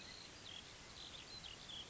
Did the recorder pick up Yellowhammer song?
no